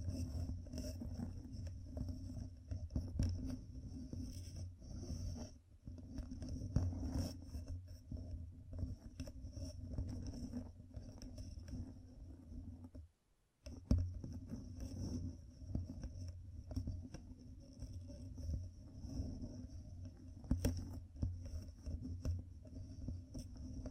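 Fingertips covered in gems tap and scratch in a steady, dense stream of small clicks and rubbing. The sound stays low and muffled, with sharper taps scattered throughout. Near the thirteen-second mark it drops to silence for about a second, then resumes.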